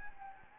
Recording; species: mosquito wingbeat signal from an infrared sensor; Anopheles gambiae